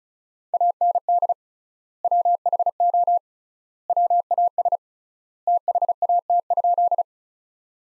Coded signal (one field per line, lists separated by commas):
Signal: Morse code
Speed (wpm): 36 wpm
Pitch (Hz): 700 Hz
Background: none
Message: AND WHO WAS THAT?